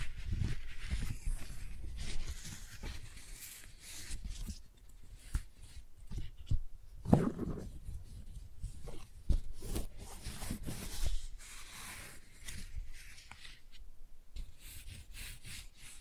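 Tingly flower sounds: soft crinkling, rubbing and brushing, dense at first, then sparser taps and rustles with brief pauses throughout.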